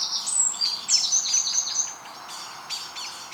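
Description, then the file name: Eurasian wren producing rapid, very high trills and buzzy rattles in a fast run lasting about two seconds, then fainter repeated notes. "Troglodytes troglodytes"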